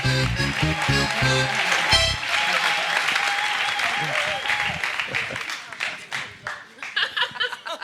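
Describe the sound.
A crowd at a church service applauds steadily for several seconds, a dense wash of clapping with music playing at first and scattered voices, thinning out toward the end.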